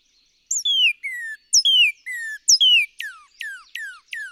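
Northern cardinal repeats slurred whistled phrases three times, then shifts to a quick series of steeply falling whistled notes.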